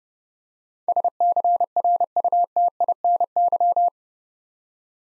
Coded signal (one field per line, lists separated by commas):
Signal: Morse code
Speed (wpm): 30 wpm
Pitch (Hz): 700 Hz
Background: none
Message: SCRUTINY